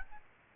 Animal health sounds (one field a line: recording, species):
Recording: mosquito wingbeat signal from an infrared sensor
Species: Aedes albopictus